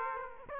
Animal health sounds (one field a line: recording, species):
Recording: mosquito wingbeat signal from an infrared sensor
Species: Aedes aegypti